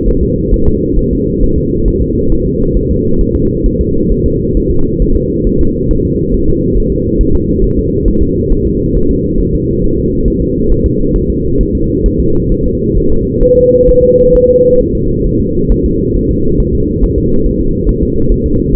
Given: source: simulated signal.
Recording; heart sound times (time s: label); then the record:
fetal heart sounds
0.09 s: S1
0.23 s: S2
0.54 s: S1
0.68 s: S2
0.99 s: S1
1.13 s: S2
1.44 s: S1
1.58 s: S2
1.88 s: S1
2.02 s: S2
2.32 s: S1
2.47 s: S2
2.77 s: S1
2.91 s: S2
3.21 s: S1
3.36 s: S2
3.66 s: S1
3.81 s: S2
4.12 s: S1
4.26 s: S2
4.57 s: S1
4.71 s: S2
5.02 s: S1
5.16 s: S2
5.47 s: S1
5.61 s: S2
5.91 s: S1
6.05 s: S2
6.34 s: S1
6.49 s: S2
6.78 s: S1
6.92 s: S2
7.21 s: S1
7.35 s: S2
7.64 s: S1
7.79 s: S2
8.08 s: S1
8.23 s: S2
8.52 s: S1
8.67 s: S2
8.97 s: S1
9.11 s: S2
9.41 s: S1
9.55 s: S2
9.84 s: S1
9.98 s: S2
10.28 s: S1
10.42 s: S2
10.72 s: S1
10.86 s: S2
11.16 s: S1
11.30 s: S2
11.61 s: S1
11.75 s: S2
12.06 s: S1
12.20 s: S2
12.52 s: S1
12.66 s: S2
12.98 s: S1
13.12 s: S2
13.43 s: S1
13.58 s: S2
13.89 s: S1
14.03 s: S2
14.35 s: S1
14.49 s: S2
14.81 s: S1
14.95 s: S2
15.26 s: S1
15.41 s: S2
15.72 s: S1
15.86 s: S2
16.16 s: S1
16.31 s: S2
16.60 s: S1
16.75 s: S2
17.04 s: S1
17.18 s: S2
17.46 s: S1
17.61 s: S2
17.89 s: S1
18.03 s: S2
18.32 s: S1
18.46 s: S2
18.75 s: S1
From the record:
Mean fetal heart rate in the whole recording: 135 bpm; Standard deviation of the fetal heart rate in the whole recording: 3 bpm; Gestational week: 36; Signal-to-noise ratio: -16.4 dB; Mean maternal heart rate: 72 bpm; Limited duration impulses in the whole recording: present